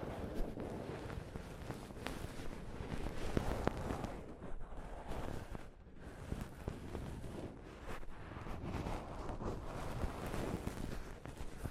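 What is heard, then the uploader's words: Soft fabric brushes against a microphone in a dense, continuous rumbling rustle, swelling and easing irregularly, with a brief dip near six seconds. ASMR Mic Brushing using Soft Fabric (No Talking).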